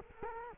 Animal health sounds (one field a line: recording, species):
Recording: mosquito wingbeat signal from an infrared sensor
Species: Culex quinquefasciatus